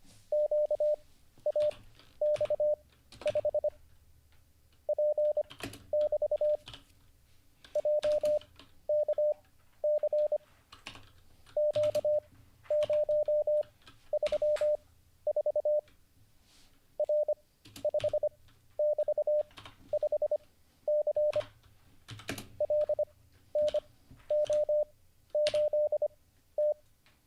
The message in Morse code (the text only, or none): QAX5 P<BT> JKC Q034 R5<BT>5C LNO8T